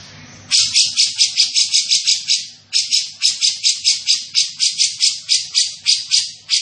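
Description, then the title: Grey-cheeked bulbul starting abruptly into rapid, buzzy notes, pausing once, then continuing with an even string of rasping pulses. Described as gacor (actively vocal), with a dense, clear voice. "Cucak Jenggot Gacor 1. Cucak Jenggot Gacor, Suara Rapat Dan Jernih"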